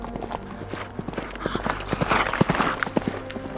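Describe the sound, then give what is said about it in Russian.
Horse hooves clip-clop in a steady, uneven rhythm of sharp knocks over a low rumbling background, growing a little louder midway through, as riders turn their horses and ride. “Морок разворачивает своего коня, и я следую его примеру.”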